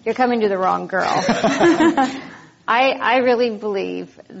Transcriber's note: laughter